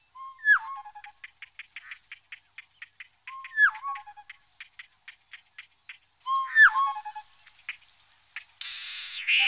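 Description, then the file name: Tropical boubou calls: a sharp descending whistle followed by a fast train of dry clicks, the pattern repeated about every three seconds; a burst of hiss at the end. "gonolec ventre blanc"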